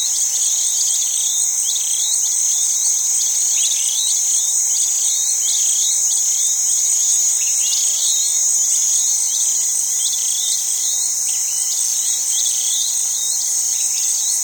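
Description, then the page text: Steady shrill cicada buzzing fills the background while small birds chirp in quick, irregular bursts. Cicadas at the Suleti water holes on savanna in Senegal, dry season, with purple starlings. "BBC Africa Senegal. Senegal: Suleti water holes on savanna (during dry season, with insects & birds (cicadas, purple starlings, distant red-beaked hornbills & doves)"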